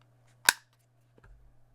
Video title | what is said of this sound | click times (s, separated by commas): Best And Worst Cases For Samsung Galaxy S23 Plus | and then it kind of folds back into place with a little click | 0.5 s